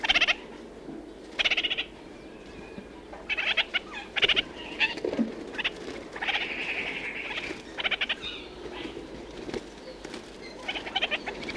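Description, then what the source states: Red-crowned parakeet chatter: harsh, rapid burst calls repeated at irregular intervals, with softer nasal chattering between. New Zealand.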